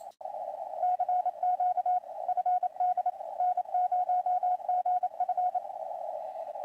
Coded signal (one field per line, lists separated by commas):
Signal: Morse code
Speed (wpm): 28 wpm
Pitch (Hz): 720 Hz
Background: radio noise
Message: CQ FD N0GF